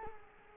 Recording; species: mosquito wingbeat signal from an infrared sensor; Culex quinquefasciatus